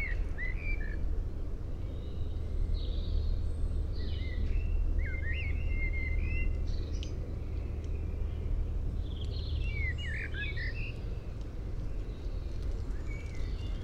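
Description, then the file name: Common blackbird with scattered mellow whistled notes and short warbled phrases, some overlapping, against constant low droning background noise. "Turdus merula"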